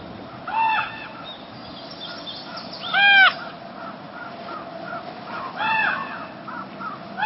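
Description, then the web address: Common raven uttering loud hoarse croaks roughly every two to three seconds, with fainter calls in between over a constant low hiss. "cotor. Common Raven"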